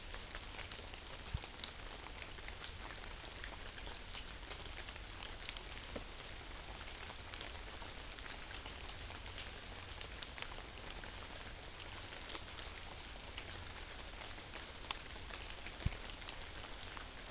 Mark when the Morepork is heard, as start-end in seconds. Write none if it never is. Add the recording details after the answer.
none. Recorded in New Zealand on 11 September 2013. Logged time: 02:19. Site Ponui